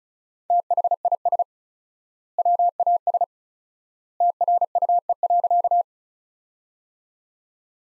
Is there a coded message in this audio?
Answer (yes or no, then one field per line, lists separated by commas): yes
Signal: Morse code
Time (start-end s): 0.5-5.8 s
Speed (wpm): 36 wpm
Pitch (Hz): 700 Hz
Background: none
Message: THIS WAS TRUE.